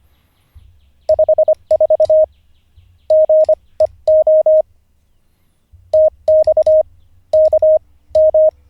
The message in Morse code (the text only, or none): 54 GEO TX K M